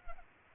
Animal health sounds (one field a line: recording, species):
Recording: mosquito wingbeat signal from an infrared sensor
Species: Culex pipiens